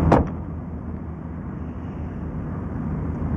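A short, solid thump like a car door shutting as someone gets into a car, then a steady low engine rumble that hums on evenly for a few seconds with no talking.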